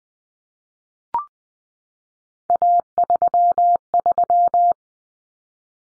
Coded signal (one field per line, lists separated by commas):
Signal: Morse code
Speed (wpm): 20 wpm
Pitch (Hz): 700 Hz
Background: none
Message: A33